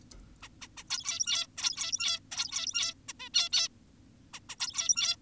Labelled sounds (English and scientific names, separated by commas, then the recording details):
Zebra Finch (Taeniopygia guttata)
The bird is an adult
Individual g17y2U